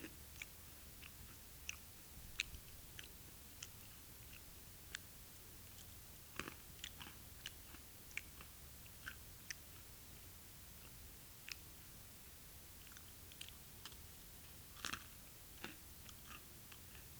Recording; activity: daily activity, guitar pickup as the sensor; eat